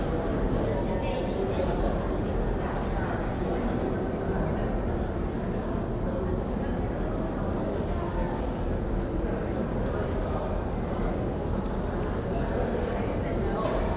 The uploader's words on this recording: Japantown has many unique features; it is mostly indoors between 3 buildings with a bridge connecting one set and a wide amphitheater connecting the other. Inside are Japanese restaurants and shops where one can buy fine incense or the latest anime movie.